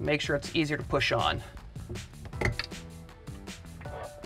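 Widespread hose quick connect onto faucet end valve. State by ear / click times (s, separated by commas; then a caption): seated / 2.6 s. Someone talks over background music while the quick connect on a Delta pulldown widespread bathroom faucet hose is pushed up onto the cold-side end valve, its plastic clips aligned with the tabs. A sharp click at 2.6 s marks it seating, and a slight tug checks that it is locked.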